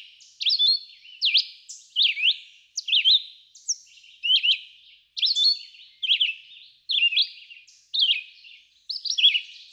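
Red-eyed vireo giving a steady series of slurred whistled phrases, each separated by a brief pause.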